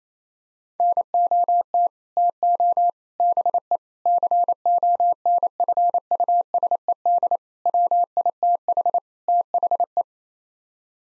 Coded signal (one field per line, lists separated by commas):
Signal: Morse code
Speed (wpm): 28 wpm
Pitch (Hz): 700 Hz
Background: none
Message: NOT TO BE CONFUSED WITH THE